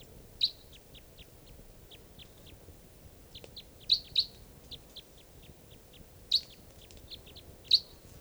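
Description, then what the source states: Crossbills giving short high chips, scattered quieter notes between several loud, sharp calls, in an irregular rhythm. Wild crossbills, three birds coming down near camp; around 6:00 p.m.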